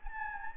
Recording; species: mosquito wingbeat signal from an infrared sensor; Anopheles gambiae